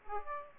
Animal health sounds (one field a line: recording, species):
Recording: mosquito wingbeat signal from an infrared sensor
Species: Aedes aegypti